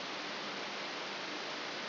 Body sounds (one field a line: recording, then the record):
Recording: brain microelectrode recording played as sound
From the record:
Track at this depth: outside the subthalamic nucleus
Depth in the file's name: 7.001 mm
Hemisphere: left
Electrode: 3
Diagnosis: Parkinson's disease